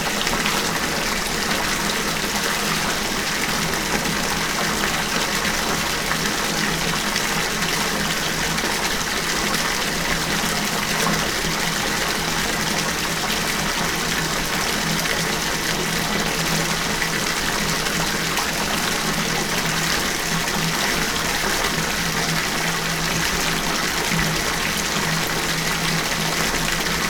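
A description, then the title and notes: Water pours steadily into a bathtub, a dense, constant rushing hiss that fills the whole range from low to bright. The flow never changes over the 27 seconds, with a faint low hum running underneath and no distinct events. Filling Up the Bathtub.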